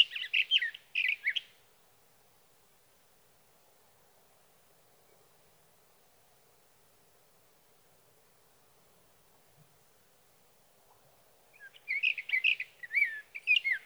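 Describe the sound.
Sage thrasher song, a rapid jumbled warble at the start, a long silent gap, then the warbling resumes near the end.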